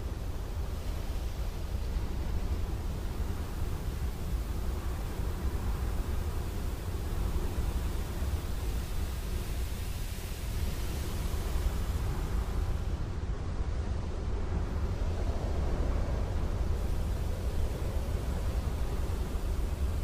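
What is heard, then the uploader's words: A desert night ambience, heard as a steady, dense rush of wind with a strong low rumble underneath. The texture stays even throughout, with slight swells and a brief dulling of the top end around the thirteenth to sixteenth seconds. Desert Night Ambience | Full Moon, Clear Skies.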